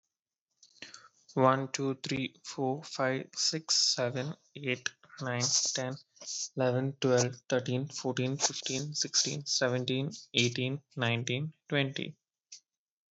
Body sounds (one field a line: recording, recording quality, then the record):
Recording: counting at a normal pace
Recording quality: excellent, no background noise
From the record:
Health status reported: COVID-19 positive, mild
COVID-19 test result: positive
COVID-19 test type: RT-PCR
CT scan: not taken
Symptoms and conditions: cough, cold, fever, fatigue, muscle pain, loss of smell and taste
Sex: male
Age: 27 years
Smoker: no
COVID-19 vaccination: both doses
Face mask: not worn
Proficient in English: yes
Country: India